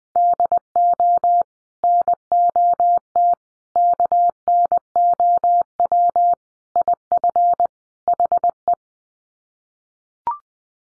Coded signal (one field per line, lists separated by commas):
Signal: Morse code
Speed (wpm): 20 wpm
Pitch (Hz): 700 Hz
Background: none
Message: DO NOT KNOW IF HE